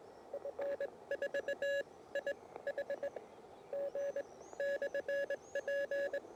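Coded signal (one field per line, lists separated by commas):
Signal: Morse code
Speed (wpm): 21 wpm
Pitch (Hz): 560 Hz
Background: none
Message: F4IHG/P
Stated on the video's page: CW sent at QRP power on 20, 40 and 60 m, field-testing a Rybakov antenna.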